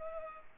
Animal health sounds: mosquito wingbeat signal from an infrared sensor; Culex pipiens

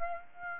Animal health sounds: mosquito wingbeat signal from an infrared sensor; Aedes aegypti

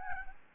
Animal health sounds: mosquito wingbeat signal from an infrared sensor; Aedes albopictus

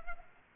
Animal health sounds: mosquito wingbeat signal from an infrared sensor; Culex pipiens

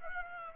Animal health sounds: mosquito wingbeat signal from an infrared sensor; Aedes aegypti

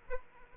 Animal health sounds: mosquito wingbeat signal from an infrared sensor; Aedes aegypti

